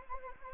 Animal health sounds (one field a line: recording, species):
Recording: mosquito wingbeat signal from an infrared sensor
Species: Anopheles arabiensis